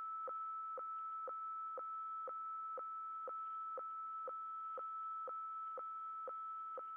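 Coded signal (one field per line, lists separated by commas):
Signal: weather fax (radiofax)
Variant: 120 lines per minute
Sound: steady whistle-like tone with a short click twice each second, over hiss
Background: radio static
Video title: 8503 KHZ WEFAX Using MultiPsk and Winradio Excalibur Pro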